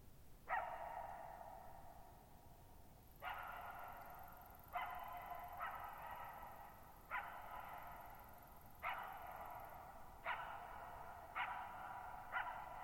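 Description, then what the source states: Coyote giving a long run of about nine raspy barks, each trailing off into a reverberant tail against a quiet night. Lone coyote at night, July 14, 2019, at Thirtymile Meadows, Okanogan National Forest, Okanogan High Country, Pacific Northwest, 6400 ft, in a bowl-shaped meadow over boggy ground.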